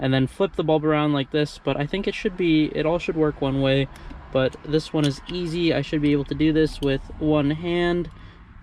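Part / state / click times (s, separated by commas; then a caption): LED bulb into dome/map light holder / not seated / none. Someone talks throughout while handling a festoon LED bulb for the dome/map light holder of a 1999–2004 Mustang during an interior LED conversion; the bulb is about to be pressed into the light's metal clips with one hand. The clip ends before the bulb goes in, so nothing has seated or clicked yet.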